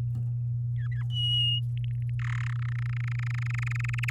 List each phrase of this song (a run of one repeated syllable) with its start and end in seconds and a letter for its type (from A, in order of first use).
0.76-1.02 A, 1.10-1.60 B, 1.77-2.10 C, 2.19-2.48 D, 2.49-4.10 E